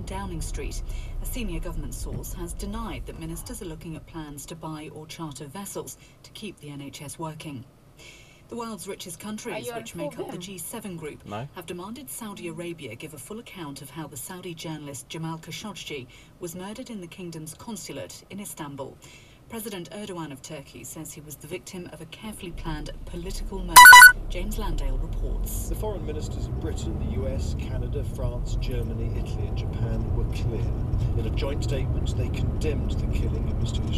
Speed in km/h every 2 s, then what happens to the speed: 10, 8, 5, 0, 0, 0, 0, 0, 0, 0, 0, 0, 0, 0, 18, 27, 32.
0-6 slows to 0. 6-26 standing. 26-34 pulls away to 32.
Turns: none.